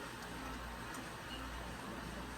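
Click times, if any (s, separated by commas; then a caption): none. Someone pushes down on the plastic arms of a Mattel Guardian Goddesses fashion doll, trying to make them click into their locked front position at the shoulder mechanism. Only a steady low hum is heard, with no sharp click. The arms have not clicked into place.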